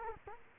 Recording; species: mosquito wingbeat signal from an infrared sensor; Culex quinquefasciatus